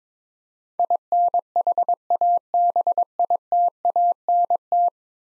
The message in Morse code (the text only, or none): INHABITANT